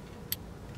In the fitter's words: Heard it click? Now it's in there.